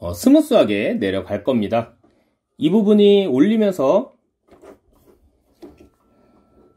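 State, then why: Not seated. Someone talks while pulling the blue plastic lock part in the leg joint of a Weijiang MPM04 Optimus Prime transforming robot figure and lowering its leg section. After the talking, faint plastic handling noises follow, with a few soft ticks around 5.6 to 5.9 seconds. The blue catch has not clicked into place or locked yet.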